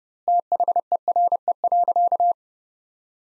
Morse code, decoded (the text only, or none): THERE.